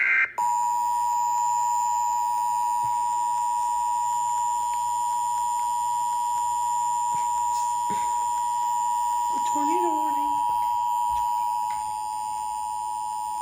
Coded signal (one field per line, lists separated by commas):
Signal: Emergency Alert System (SAME) tones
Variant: 853 and 960 Hz attention tone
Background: speech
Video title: EAS #86 Tornado Warning